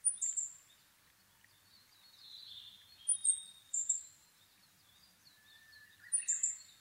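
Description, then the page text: Asian brown flycatcher song: sharp, very high squeaky notes in short bursts, mixed with softer thin twitters in between, in a quiet setting. Nikko, Japan, 26 April 2011 at 4:39, altitude 730 m; recorded with a Sony PCM-D50 and Panasonic WM-61A microphone. "kosamebitaki 20110426-0439. Muscicapa dauurica [Sounds -Nikko Today-]. 4/ 26 2011, 4:39 alt=730m"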